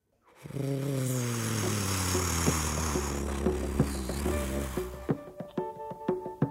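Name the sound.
propeller airplane flying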